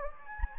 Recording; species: mosquito wingbeat signal from an infrared sensor; Anopheles gambiae